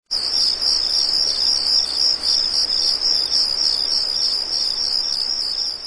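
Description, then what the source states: Insect chirping, a dense continuous high-pitched pulsing trill that holds steady throughout, with no other clear sounds. Summer night.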